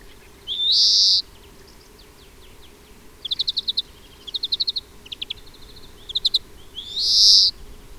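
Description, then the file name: European greenfinch with two long wheezy buzzing notes framing several rapid chirp series and short trills. "Chloris chloris"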